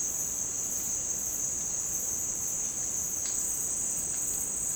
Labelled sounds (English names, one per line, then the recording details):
none
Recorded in secondary vegetation near Puerto Asís, Putumayo, Colombia, on 25 June 2025 at 15:00
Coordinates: 0.484, -76.319
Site G074